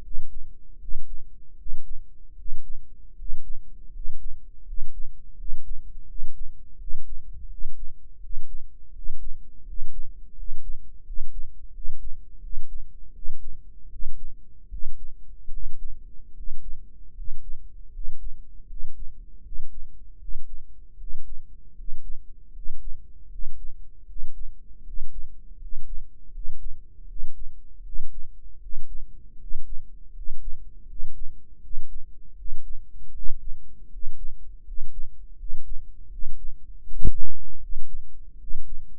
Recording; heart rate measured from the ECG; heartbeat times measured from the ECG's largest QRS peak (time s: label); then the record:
heart sounds by microphone in the right ear; 80 bpm
0.00 s: heartbeat
0.77 s: heartbeat
1.55 s: heartbeat
2.34 s: heartbeat
3.14 s: heartbeat
3.90 s: heartbeat
4.63 s: heartbeat
5.34 s: heartbeat
6.05 s: heartbeat
6.76 s: heartbeat
7.47 s: heartbeat
8.18 s: heartbeat
8.91 s: heartbeat
9.63 s: heartbeat
10.33 s: heartbeat
11.02 s: heartbeat
11.70 s: heartbeat
12.39 s: heartbeat
13.11 s: heartbeat
13.88 s: heartbeat
14.68 s: heartbeat
15.49 s: heartbeat
16.32 s: heartbeat
17.12 s: heartbeat
17.90 s: heartbeat
18.65 s: heartbeat
19.41 s: heartbeat
20.17 s: heartbeat
20.96 s: heartbeat
21.73 s: heartbeat
22.51 s: heartbeat
23.28 s: heartbeat
24.04 s: heartbeat
24.82 s: heartbeat
25.57 s: heartbeat
26.30 s: heartbeat
27.05 s: heartbeat
27.81 s: heartbeat
28.58 s: heartbeat
29.36 s: heartbeat
30.11 s: heartbeat
30.85 s: heartbeat
31.59 s: heartbeat
32.34 s: heartbeat
33.11 s: heartbeat
33.88 s: heartbeat
34.62 s: heartbeat
35.35 s: heartbeat
36.08 s: heartbeat
36.82 s: heartbeat
37.58 s: heartbeat
38.36 s: heartbeat
From the record:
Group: healthy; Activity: cold pressor test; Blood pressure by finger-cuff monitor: 101/69 mmHg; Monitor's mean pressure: 76 mmHg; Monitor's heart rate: 79 bpm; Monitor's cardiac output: 6.7 L/min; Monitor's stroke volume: 85 mL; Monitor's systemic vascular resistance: 820 dyn s/cm5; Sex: male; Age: 23 years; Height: 178 cm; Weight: 96.6 kg